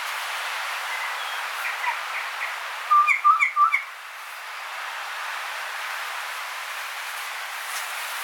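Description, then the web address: Kokako call: a quick run of short, clear whistled notes alternating between two pitches near the three-second mark, over a steady hiss of background noise. "sound kōkako"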